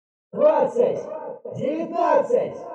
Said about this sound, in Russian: Но дроид не отреагировал, а вот с улицы послышались дружные радостные крики с обратным отсчетом.